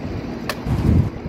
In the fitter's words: a snap in place to make sure it's an African place then